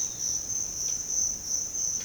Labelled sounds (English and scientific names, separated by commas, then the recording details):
none
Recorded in secondary vegetation near Puerto Asís, Putumayo, Colombia, on 21 March 2025 at 06:30
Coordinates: 0.488, -76.319
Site G095